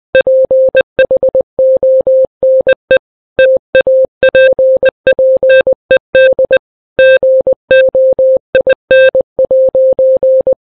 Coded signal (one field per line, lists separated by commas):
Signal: Morse code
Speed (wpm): 20 wpm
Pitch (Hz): 520 Hz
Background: none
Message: PHONE TAPPED GOIN'